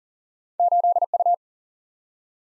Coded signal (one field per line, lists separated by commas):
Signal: Morse code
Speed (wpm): 40 wpm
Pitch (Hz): 700 Hz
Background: none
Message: 8 U